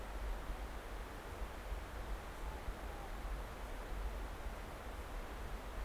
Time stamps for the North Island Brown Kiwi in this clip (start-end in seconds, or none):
none